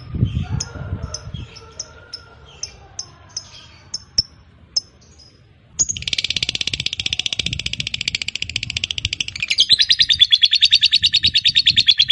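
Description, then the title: Lovebird song: faint scattered high chirps over a low rumbling background, then at six seconds a loud dense chattering trill of harsh notes continues to the end. Fighter-type lovebird giving a long ngekek. "Begitu Dengar Suara Lovebird FIGHTER NGEKEK PANJANG"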